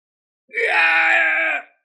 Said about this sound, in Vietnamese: Thánh chủ Vạn Sơ hét thảm một tiếng, nửa người nát bấy, lập tức bỏ chạy như gặp quỷ vậy.